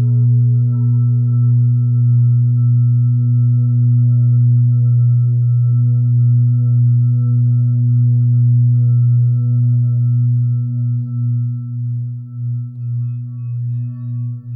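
A Tibetan singing bowl hums with a low, steady ring and fainter higher overtones layered above it. The tone holds evenly for about ten seconds, then begins to waver and pulse in slow beats as it gradually fades toward the end.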